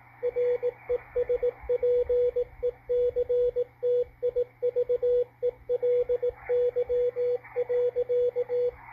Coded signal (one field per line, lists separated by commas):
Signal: Morse code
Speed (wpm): 18 wpm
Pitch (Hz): 490 Hz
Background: radio noise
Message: RESPECTIVELY.